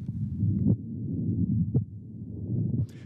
Places the bell of the instrument on the patient's neck, right on the carotid artery. Could hear the sound of the heart pumping blood through its aortic valve and out into the pulsing carotid artery. The patient has a heart murmur, a malfunction of the heart valves that control blood flow.